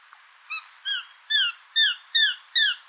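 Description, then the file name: Eurasian jay giving a series of six clear descending notes, starting soft and growing louder, roughly every 0.4 seconds later on. "Garrulus glandarius"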